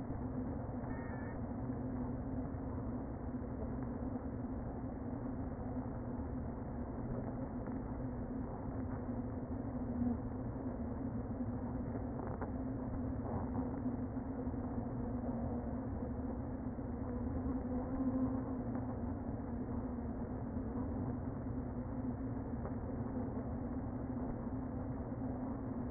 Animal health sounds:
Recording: honeybee colony, microphone inside the hive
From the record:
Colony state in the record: queen present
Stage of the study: before two queens were removed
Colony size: about 60,000 bees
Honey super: yes

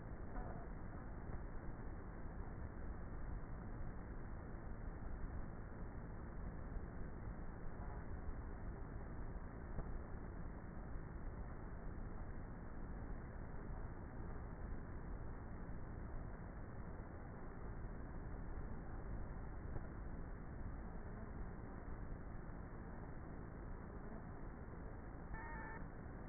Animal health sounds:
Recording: honeybee colony, microphone inside the hive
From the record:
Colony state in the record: queenless with a low population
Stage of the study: before two queens were removed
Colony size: about 30,000 bees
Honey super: no

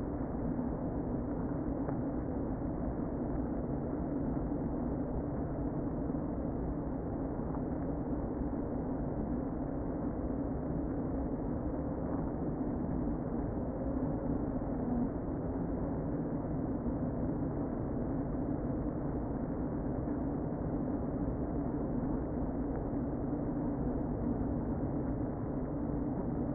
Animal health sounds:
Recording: honeybee colony, microphone inside the hive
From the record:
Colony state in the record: queen present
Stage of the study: before two queens were removed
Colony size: about 60,000 bees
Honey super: yes

